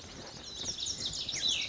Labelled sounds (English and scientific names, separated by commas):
Lazuli Bunting (Passerina amoena)